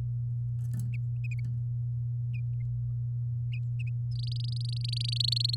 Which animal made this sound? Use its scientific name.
Serinus canaria